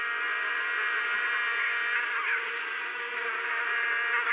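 Insect buzz, an unbroken, constant whining drone throughout.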